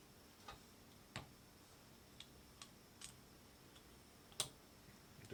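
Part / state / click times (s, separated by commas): firing pin/bolt shroud assembly into rifle bolt body / seated / 4.4 s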